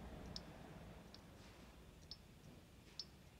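With the pin and inlet needle installed in an 8 hp Tecumseh small-engine carburetor, the float is lifted by hand several times so the float needle seats against its inlet seat, shutting off the fuel. Short, sharp clicks are heard at 0.4, 2.1 and 3.0 seconds over a quiet background. The needle seats and seals.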